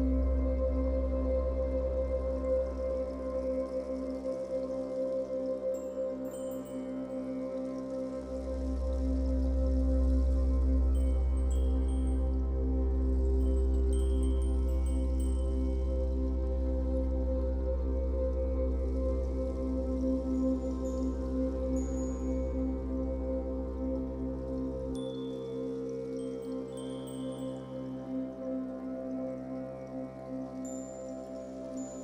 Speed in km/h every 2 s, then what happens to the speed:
94, 97, 101, 103, 105, 105, 104, 104, 106, 107, 108, 105, 105, 106, 104, 103.
0-8 speeds up to 105. 8-32 steady at about 105.